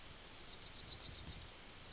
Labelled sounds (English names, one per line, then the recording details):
Yellowhammer song
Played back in forest
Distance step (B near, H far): C
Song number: 163